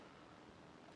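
A screaming-face plastic head for an S.H. Figuarts Infinity War Hulk action figure is being handled and pushed toward the neck ball peg, giving faint, steady rustling handling noise with a sharp, loud burst right at the very end near 1.0 s. The head has not seated or clicked onto the peg yet.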